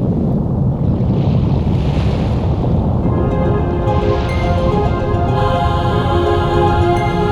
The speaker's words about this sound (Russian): Землетрясение.